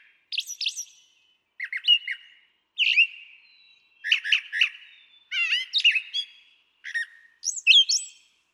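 Brown Thrasher song of rapid varied phrases, doubled chirps, whistles and a ladder-like trill, delivered in steady bursts with short pauses.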